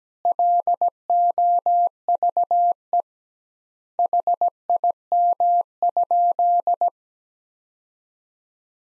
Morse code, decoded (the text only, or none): LOVE HIM?